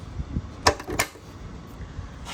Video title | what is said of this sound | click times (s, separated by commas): 2008 Road-king no start | that ain't no big deal guys you can do that all right let's click the fuel line back into place | 0.7 s